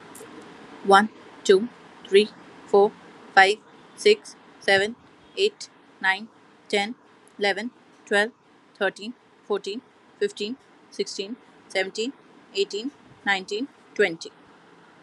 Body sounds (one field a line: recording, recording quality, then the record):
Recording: counting at a normal pace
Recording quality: excellent, no background noise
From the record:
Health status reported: healthy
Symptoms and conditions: none ticked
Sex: female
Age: 28 years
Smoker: not ticked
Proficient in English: yes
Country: India